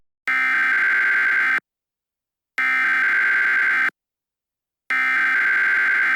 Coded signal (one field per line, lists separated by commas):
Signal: Emergency Alert System (SAME) tones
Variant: header bursts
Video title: EAS scenario *1 five night at sonic's remastered